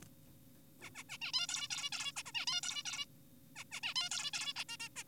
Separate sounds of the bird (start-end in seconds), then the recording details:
0.82-0.90, 0.95-1.04, 1.09-1.18, 1.22-1.32, 1.34-1.47, 1.49-1.68, 1.70-1.90, 1.92-2.12, 2.16-2.23, 2.26-2.32, 2.35-2.46, 2.47-2.61, 2.63-2.83, 2.86-3.05, 3.56-3.64, 3.72-3.80, 3.83-3.94, 3.96-4.10, 4.11-4.31, 4.34-4.54, 4.56-4.64, 4.69-4.77, 4.80-4.89, 4.96-5.04. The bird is an adult. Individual g4p5U